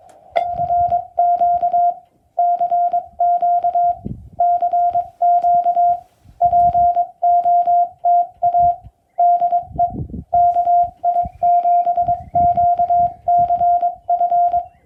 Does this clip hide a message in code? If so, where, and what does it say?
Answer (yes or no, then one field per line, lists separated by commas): yes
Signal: Morse code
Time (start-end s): 0.4-14.6 s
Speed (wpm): 23 wpm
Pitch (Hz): 700 Hz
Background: music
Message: ERQ CQ CQ POTA DE KI7QCF